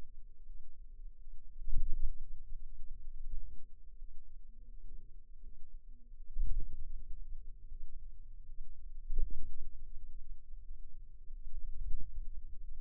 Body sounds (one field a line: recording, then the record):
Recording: forearm muscle sounds (acoustic myography)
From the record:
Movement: ulnar deviation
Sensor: system 2, bracelet of six BSWA MPA416 microphones around the upper forearm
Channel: 6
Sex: female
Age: 23 years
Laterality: right